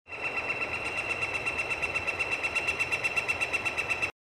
Sound recording of the Northern Flicker, Yosemite National Park, California.